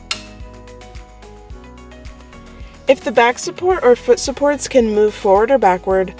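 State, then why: Seated. The metal foot bracket of a Bantam Medium stander is secured to the base frame to lock the unit in sit-to-stand mode, giving a sharp metallic click at 0.1 s. Soft background music plays throughout, and someone talks from about 2.9 s onward. The bracket is latched, and the unit is locked in sit-to-stand mode.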